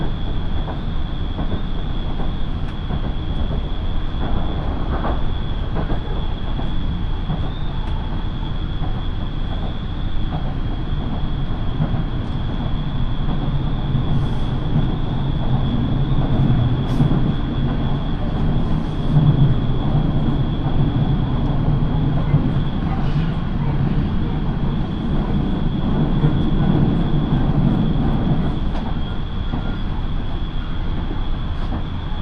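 A local train on the Minobu Line runs steadily between stations, its deep rumble filling the low end throughout. A thin, high whine holds at a constant pitch across the clip. Around 13 to 28 seconds the low rumble swells and thickens before easing back.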